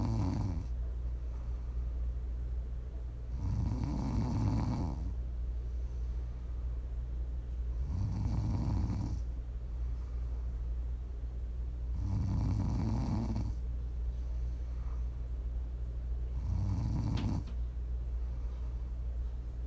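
Four low, rattling snores come at a steady pace, about one every four seconds, roughly 14 breaths a minute. Each is a rough, fluttering rumble on the in-breath, separated by quiet. A steady low hum runs underneath. This is ordinary sleep snoring from an adult, made as ASMR for listening to sleep, relax or wind down.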